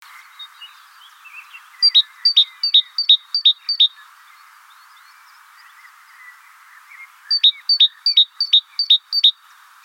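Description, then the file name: Great tit giving two bouts of about six ringing two-note phrases, high then lower, separated by several seconds of soft background twittering. "Parus major"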